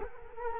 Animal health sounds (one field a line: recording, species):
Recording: mosquito wingbeat signal from an infrared sensor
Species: Culex quinquefasciatus